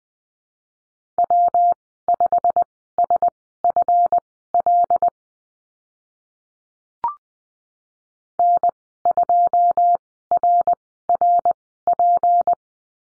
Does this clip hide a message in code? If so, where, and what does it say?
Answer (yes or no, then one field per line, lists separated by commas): yes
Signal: Morse code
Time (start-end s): 1.2-12.5 s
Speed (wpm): 20 wpm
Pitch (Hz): 700 Hz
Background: none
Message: W5SFL N2RRP